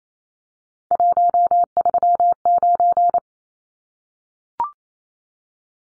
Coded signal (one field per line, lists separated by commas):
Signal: Morse code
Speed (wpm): 28 wpm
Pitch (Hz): 700 Hz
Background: none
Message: 139